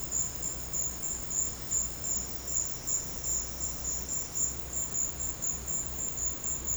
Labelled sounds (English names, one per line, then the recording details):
none
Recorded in secondary vegetation near Puerto Asís, Putumayo, Colombia, on 19 March 2025 at 11:30
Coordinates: 0.484, -76.319
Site G010